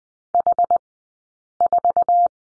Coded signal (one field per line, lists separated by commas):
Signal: Morse code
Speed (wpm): 19 wpm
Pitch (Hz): 700 Hz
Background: none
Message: H 4